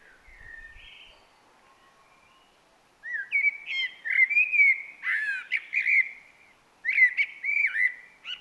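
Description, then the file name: Eurasian blackbird song: faint soft whistles first, then after a short pause loud, rich warbling phrases of fluted notes with thin high overtones. "Turdus merula"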